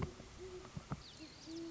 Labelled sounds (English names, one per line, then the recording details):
Great Horned Owl
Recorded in Sonoma County, California